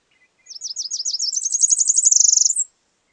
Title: LuckyPassaro Completos2Sama. Tropical Parula (Setophaga pitiayumi)